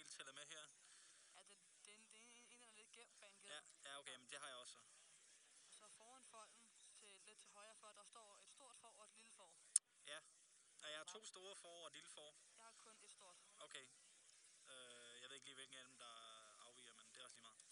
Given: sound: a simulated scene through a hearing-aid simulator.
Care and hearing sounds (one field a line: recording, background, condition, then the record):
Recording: conversation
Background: quiet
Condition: 55 dB SPL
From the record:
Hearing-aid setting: II (fast-acting compression, audibility-based gain, advanced features for about 2.5 dB of SNR improvement)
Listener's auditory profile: C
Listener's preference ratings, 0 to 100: 16, 29, 79